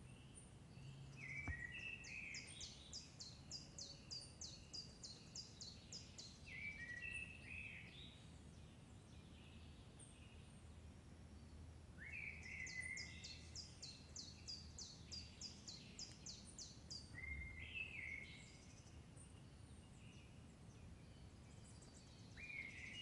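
Morning in a forest, with birds calling over a soft, constant low rumble. A rapid, bright chattering trill comes in repeated bursts, around 2–6 seconds and again near 12–16 seconds, while shorter whistled calls sound at intervals.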